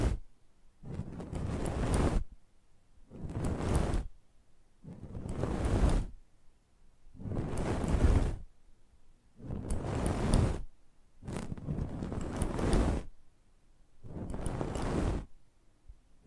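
Close-up ASMR mic treatment: seven rough, whooshing swells, each rising and fading over about a second and a half and repeating at a steady two-second pace. Each pass is full and grainy, from a low rumble up to bright hiss, with near-silence between.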